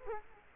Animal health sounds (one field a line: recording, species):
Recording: mosquito wingbeat signal from an infrared sensor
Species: Culex quinquefasciatus